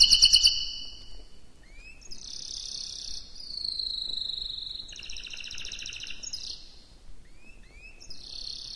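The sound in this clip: Canary song flowing in varied high phrases: rapid rattling trills, sustained whistled notes and short upward-sweeping chips, changing every second or two.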